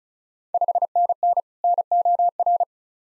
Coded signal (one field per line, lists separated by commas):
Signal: Morse code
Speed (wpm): 36 wpm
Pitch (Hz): 700 Hz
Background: none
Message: 5NN NOR